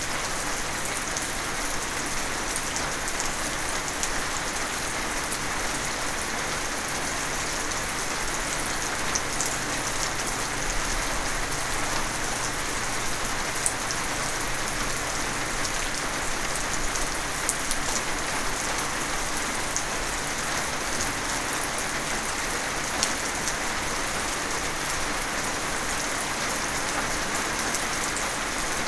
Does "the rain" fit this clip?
yes